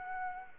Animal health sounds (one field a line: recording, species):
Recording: mosquito wingbeat signal from an infrared sensor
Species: Aedes aegypti